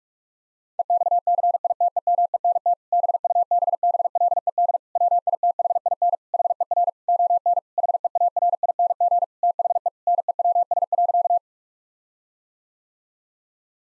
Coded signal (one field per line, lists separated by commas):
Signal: Morse code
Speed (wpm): 42 wpm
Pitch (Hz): 700 Hz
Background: none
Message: EXCITEMENT BUBBLED WITHIN HER ON HEARING THE NEWS.